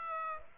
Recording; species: mosquito wingbeat signal from an infrared sensor; Aedes aegypti